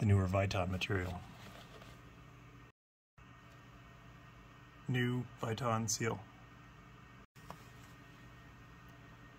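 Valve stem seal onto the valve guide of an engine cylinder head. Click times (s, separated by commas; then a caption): 7.5 s. Someone talks while a new Viton valve stem seal, replacing the old rubber style, is pushed over the valve stem onto the valve guide of a classic Mini engine cylinder head. After the talk stops and a short gap follows, a brief, faint snap at 7.5 s marks the seal snapping into place, seated on the guide.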